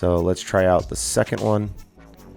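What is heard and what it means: Someone talks over music while a second 3D-printed PETG twist-lock guard ring is handled for fitting onto the housing of an Aquaillumination Nero 7 aquarium pump. The ring has not been twisted home, and nothing has seated or clicked yet.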